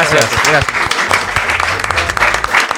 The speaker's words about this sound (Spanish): Muy bien, ahora sí, les pido un fuerte aplauso, por favor.